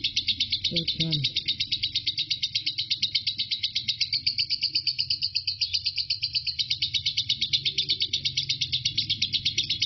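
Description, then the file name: Lovebird ngekek song: an unbroken, fast, high-pitched trill with regular pulses; a couple of short low knocks near the start over a faint background hum. Lovebird named Marco singing ngekek; recording lasts 5 minutes 25 seconds. "suara burung lovebird Marco ngekek"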